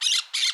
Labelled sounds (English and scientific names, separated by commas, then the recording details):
Brown-throated Parakeet (Eupsittula pertinax) contact call
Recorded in Curacao
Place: Hoffi Jan Thiel
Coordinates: 12.094, -68.877